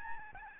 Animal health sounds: mosquito wingbeat signal from an infrared sensor; Aedes albopictus

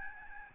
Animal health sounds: mosquito wingbeat signal from an infrared sensor; Aedes albopictus

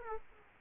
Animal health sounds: mosquito wingbeat signal from an infrared sensor; Aedes aegypti

